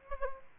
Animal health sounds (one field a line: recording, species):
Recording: mosquito wingbeat signal from an infrared sensor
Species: Aedes aegypti